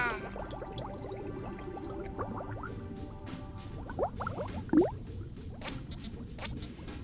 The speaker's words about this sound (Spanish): ¡Burbuja!